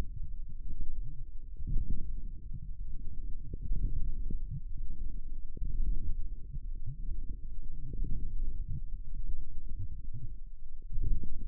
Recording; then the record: forearm muscle sounds (acoustic myography)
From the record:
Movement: forearm supination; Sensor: system 1, eight BSWA MPA416 microphones around the upper forearm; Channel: 5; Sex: female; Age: 21 years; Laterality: right